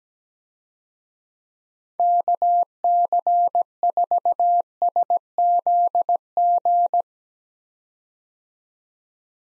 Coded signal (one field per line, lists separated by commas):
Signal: Morse code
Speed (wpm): 17 wpm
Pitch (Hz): 700 Hz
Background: none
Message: KC4SZG